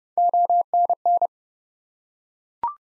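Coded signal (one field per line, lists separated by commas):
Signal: Morse code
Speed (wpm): 30 wpm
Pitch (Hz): 700 Hz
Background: none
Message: ONN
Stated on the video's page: Morse code practice at 30 wpm of ARRL section abbreviations used in Field Day contest exchanges, each sent, spoken, then sent again.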